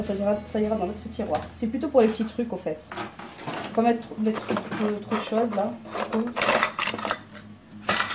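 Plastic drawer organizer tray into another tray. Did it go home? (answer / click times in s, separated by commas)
no / none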